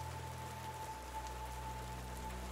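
Steady rain hisses with a dense patter at night as it begins to fall heavier and a car starts to drive off, at an even, moderate loudness, a low continuous hum droning underneath. No one speaks.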